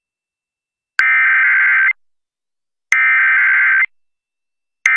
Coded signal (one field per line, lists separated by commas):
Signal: Emergency Alert System (SAME) tones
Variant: header bursts